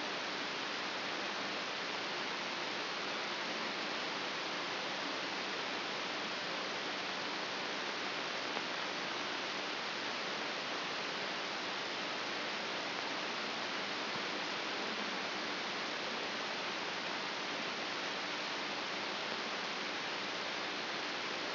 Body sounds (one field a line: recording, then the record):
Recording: brain microelectrode recording played as sound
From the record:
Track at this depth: outside the subthalamic nucleus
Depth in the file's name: 6.015 mm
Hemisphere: left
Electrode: 3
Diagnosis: Parkinson's disease